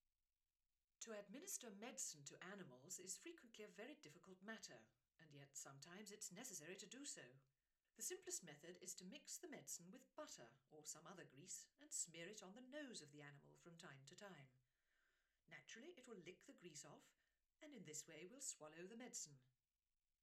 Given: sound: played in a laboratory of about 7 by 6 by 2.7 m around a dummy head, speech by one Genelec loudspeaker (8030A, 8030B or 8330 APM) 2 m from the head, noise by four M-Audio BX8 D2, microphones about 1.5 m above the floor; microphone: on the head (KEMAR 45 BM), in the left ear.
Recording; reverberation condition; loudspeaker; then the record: female speech in English; low; 90 degrees to the left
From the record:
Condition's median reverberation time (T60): about 310 ms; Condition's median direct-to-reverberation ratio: about 3.5 dB